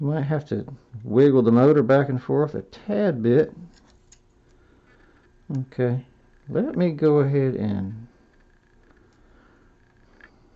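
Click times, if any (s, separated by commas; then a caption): none. A servo motor is wiggled back and forth and worked into a robot shoulder mount while someone talks. Short, faint knocks and ticks of handling come through in the quiet gaps between the talking. The motor is starting to go in, but it has not clicked into place yet.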